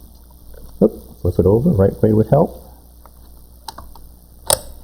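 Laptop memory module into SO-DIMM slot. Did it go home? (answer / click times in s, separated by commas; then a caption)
yes / 4.5 s. Someone talks while the first replacement RAM stick for a Sony VGN NW270F laptop's 8 GB memory upgrade is flipped the right way and pressed into its SO-DIMM slot, with a few small ticks around 3.7 s. The module is pushed down and seats with a sharp, loud snap at 4.5 s.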